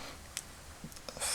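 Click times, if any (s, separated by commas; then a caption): none. A new plastic joint pin is pushed against the inner piece of a vintage Mego-style action figure body, giving faint rubbing and scraping with small sharp ticks around 0.4, 0.9, 1.0 and 1.1 seconds. The pin doesn't go in, and nothing has clicked or seated yet.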